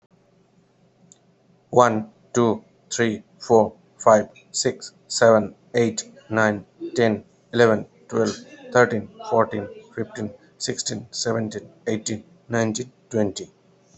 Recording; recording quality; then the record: counting at a normal pace; excellent, no background noise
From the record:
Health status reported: healthy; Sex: male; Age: 33 years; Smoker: yes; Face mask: not worn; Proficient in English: yes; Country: India